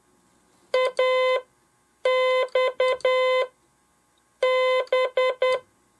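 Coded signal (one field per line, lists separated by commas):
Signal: Morse code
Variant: Japanese Wabun code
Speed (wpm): 10 wpm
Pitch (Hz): 510 Hz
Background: none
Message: イマハ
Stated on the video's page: Japanese wabun Morse code sending practice.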